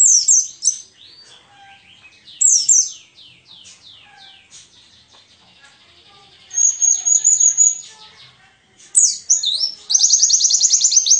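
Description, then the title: White-eye song: varied high twittering phrases with quick descending notes and a sustained whistle, ending in fast buzzy trills. Wild forest (ngalas) white-eye with a fill-in (isian) song, used for training songbirds (masteran). "mster Mnuk. Pleci ngalas isian untuk masteran"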